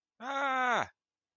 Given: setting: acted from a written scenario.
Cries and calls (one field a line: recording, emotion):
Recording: vocal sound without words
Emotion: distress